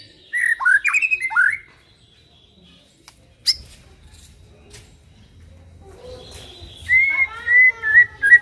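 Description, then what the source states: White-rumped shama singing: a burst of slurred whistles, a pause with faint background noise, then a string of clear repeated whistled notes. Aggressive song of a fierce white-rumped shama, used as a lure.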